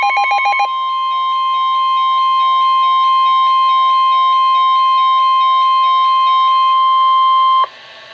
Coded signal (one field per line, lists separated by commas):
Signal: Emergency Alert System (SAME) tones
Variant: 1050 Hz attention tone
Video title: NOAA - Severe Thunderstorm Warning (EAS #1,186)